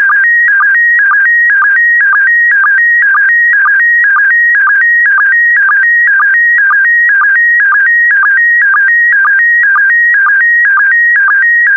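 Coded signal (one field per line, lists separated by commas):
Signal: SSTV (slow-scan television)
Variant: PD120 mode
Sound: steady warbling tones stepping between two pitches, with a short low blip twice a second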